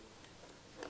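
The female end of a Weiser Technik Wizard indicator module plug is pushed onto the BMW wiring harness plug of a BMW R1250-GS/GSA motorcycle. After a low steady background, a fairly quiet, sharp click is heard at 0.8 s as the connector seats.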